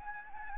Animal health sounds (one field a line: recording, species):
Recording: mosquito wingbeat signal from an infrared sensor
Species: Anopheles gambiae